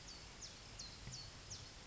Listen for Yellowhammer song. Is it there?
no